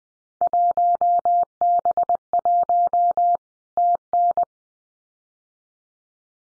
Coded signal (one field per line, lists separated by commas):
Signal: Morse code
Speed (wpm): 19 wpm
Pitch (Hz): 700 Hz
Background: none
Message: 1B1 TN